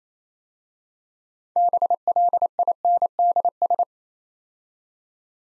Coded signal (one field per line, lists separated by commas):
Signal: Morse code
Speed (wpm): 28 wpm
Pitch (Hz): 700 Hz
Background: none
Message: BLINDS